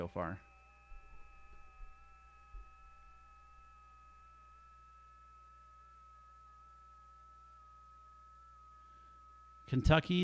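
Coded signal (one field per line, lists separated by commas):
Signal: FT8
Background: speech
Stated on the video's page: Live FT8 on 10 meters during a band opening, making contacts.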